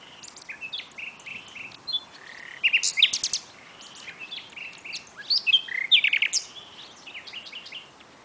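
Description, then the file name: Common nightingale song, a varied run of whistles, short rising notes and quick bursts of repeated clicks. "Luscinia megarhynchos"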